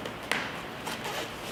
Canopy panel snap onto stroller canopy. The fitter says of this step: you can just snap into place and then